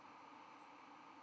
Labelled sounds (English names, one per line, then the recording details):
White-throated Sparrow flight call
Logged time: 05:39 on 11 November 2014